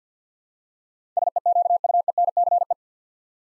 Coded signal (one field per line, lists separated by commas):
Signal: Morse code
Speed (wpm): 52 wpm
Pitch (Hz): 700 Hz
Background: none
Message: SEQUENCE